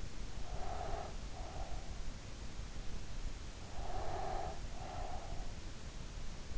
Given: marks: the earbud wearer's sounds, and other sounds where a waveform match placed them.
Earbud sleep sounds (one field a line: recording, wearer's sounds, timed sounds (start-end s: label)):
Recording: sounds in sleep by an in-ear microphone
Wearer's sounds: breath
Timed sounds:
0.35-1.86 s: breath
3.75-5.46 s: breath